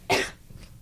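A single short, explosive cough from an adult woman, with a sharp onset and a quick fade over about a quarter of a second. It is dry-sounding, with no wheeze or rattle, and it is followed by quiet room noise.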